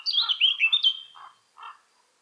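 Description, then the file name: Eurasian blackcap song fragment: a short run of clear, sliding whistled notes over soft lower chatter, followed by a brief quiet note. "Sylvia atricapilla"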